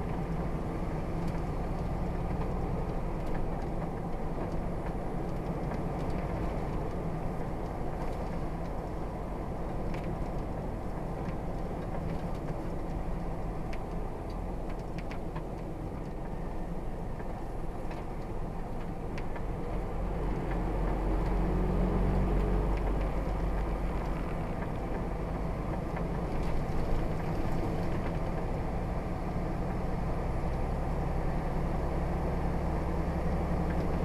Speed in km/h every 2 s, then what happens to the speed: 40, 42, 45, 44, 44, 39, 32, 29, 29, 29, 31, 32, 37, 39, 42, 44, 44.
0-8 steady at about 44. 8-12 slows to 32. 12-19 steady at about 29. 19-29 speeds up to 44.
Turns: none.